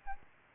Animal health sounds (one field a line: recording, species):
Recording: mosquito wingbeat signal from an infrared sensor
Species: Aedes albopictus